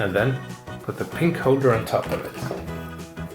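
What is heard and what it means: A pink plastic holder is being handled onto the top of a Play-Doh ice cream maker toy while someone talks over background music. Nothing has seated or clicked yet; the clip ends before the holder snaps into place.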